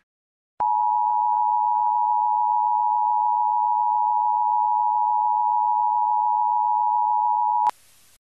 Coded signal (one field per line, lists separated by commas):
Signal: Emergency Alert System (SAME) tones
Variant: 853 and 960 Hz attention tone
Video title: EAS Scenario: If Lucow Fozzerit took over the world. (PURE FICTION)